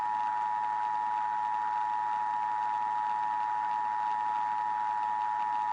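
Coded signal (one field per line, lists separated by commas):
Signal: Emergency Alert System (SAME) tones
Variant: 853 and 960 Hz attention tone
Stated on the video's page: Fictional EAS scenario, simulated and remastered.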